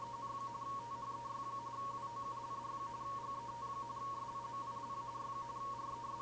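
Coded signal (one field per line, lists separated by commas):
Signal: RTTY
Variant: 45.45 baud, 170 Hz shift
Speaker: plug the usb cable in to power the arduino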